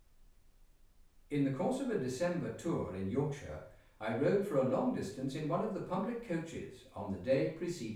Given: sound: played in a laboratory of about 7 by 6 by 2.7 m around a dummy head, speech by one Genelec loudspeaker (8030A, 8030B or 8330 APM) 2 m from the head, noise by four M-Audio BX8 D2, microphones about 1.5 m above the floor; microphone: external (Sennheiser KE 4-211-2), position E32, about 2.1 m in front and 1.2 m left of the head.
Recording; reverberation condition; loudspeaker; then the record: male speech in English; medium; 120 degrees to the left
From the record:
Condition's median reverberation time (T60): about 510 ms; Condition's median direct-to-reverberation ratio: about -0.5 dB